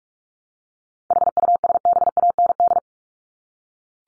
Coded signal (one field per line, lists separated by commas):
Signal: Morse code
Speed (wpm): 44 wpm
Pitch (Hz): 700 Hz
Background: none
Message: HUSBAND